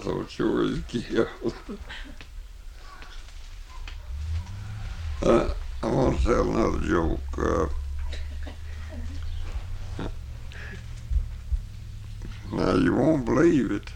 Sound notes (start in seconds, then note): 5.5 laughs; 7.7 laughing